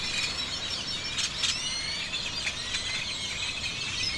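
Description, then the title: Birds give overlapping high whistles and sharp chips in a busy chorus, with a few louder squeaky notes. Birds over the seafront (malecón) before dawn in Campeche, Mexico; recorded on a TASCAM DR-100 mkII with a RODE NTG-2 shotgun microphone and deadcat windshield. "Campeche, México - Aves sobre malecón en madrugada"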